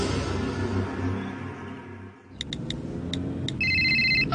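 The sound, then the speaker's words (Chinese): A car engine rumbles steadily with road noise as the driver drives over to meet someone. Midway, a phone in the car sounds a few quick high electronic beeps, then a sustained warbling ringtone over the continuing drive. “啱啱传紧个短信俾你，我揸紧车过嚟啦。”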